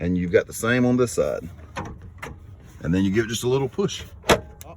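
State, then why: Seated. Someone talks while a headlight switch assembly for a 2007 Chevrolet Silverado pickup truck is lined up by its pins and given a small push into its dash opening. A sharp snap is heard at 4.3 s as the switch pops into place and is seated.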